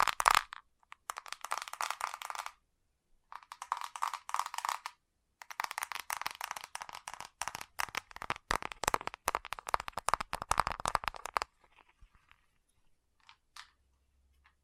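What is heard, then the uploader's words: Fast tapping in quick, dense bursts of sharp, bright clicks, broken by short pauses near 2.5 and 5 seconds. The tapping runs almost continuously until about 11.5 seconds, then thins to a few scattered taps. ASMR Fast Tapping for Intense Tingles (No Talking).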